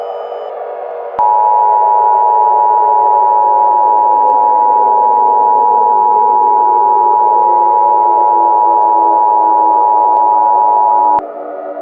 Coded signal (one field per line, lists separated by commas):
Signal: Emergency Alert System (SAME) tones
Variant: 853 and 960 Hz attention tone